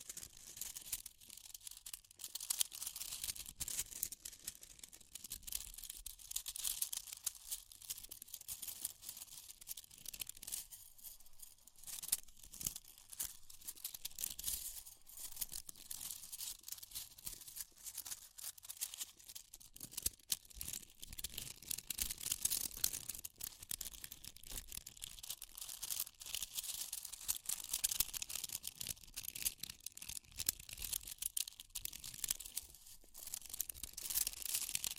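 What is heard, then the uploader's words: Fire crackles continuously for the full length, a dense, bright hiss of rapid pops and snaps with irregular louder bursts throughout. Fire Crackling, Tapping, Scratching.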